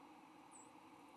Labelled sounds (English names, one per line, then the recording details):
White-throated Sparrow flight call
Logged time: 02:31 on 22 November 2014